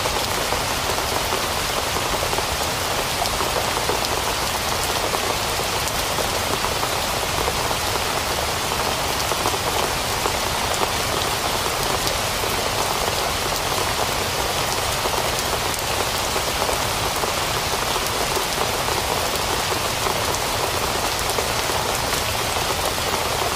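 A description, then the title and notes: Steady rain falls throughout, a dense, even hiss of countless drops striking a surface with no pauses or changes in strength. The sound sits mostly in the brighter range, with a soft low rumble underneath and no other noises standing out. Rain Sounds.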